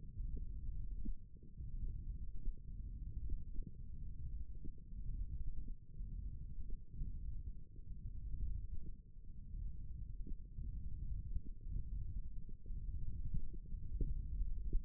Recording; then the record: forearm muscle sounds (acoustic myography)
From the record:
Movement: tripod grip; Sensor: system 1, eight BSWA MPA416 microphones around the upper forearm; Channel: 1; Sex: female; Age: 22 years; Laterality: right